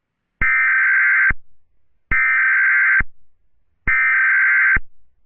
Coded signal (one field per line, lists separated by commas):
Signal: Emergency Alert System (SAME) tones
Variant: header bursts